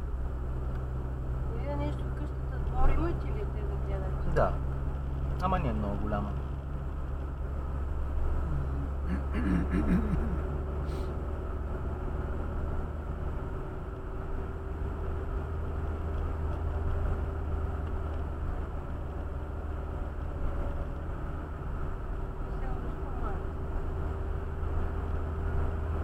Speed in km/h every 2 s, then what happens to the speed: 49, 50, 51, 52, 53, 55, 57, 59, 60, 58, 58, 57, 60.
0-15 speeds up to 60. 15-26 steady at about 58.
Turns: none.